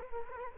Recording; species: mosquito wingbeat signal from an infrared sensor; Culex quinquefasciatus